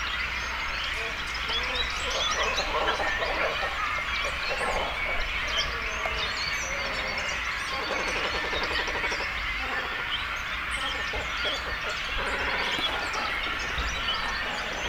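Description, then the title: Cormorants calling in a dense colony, a constant mass of harsh croaks and gurgling chatter that rises and falls, with low rumbling beneath. Breeding colony of cormorants with chicks, at Zemitz, Germany. "Zemitz, Deutschland - Kormorane brüten (mit Jungvögeln). breeding cormorants (with children)"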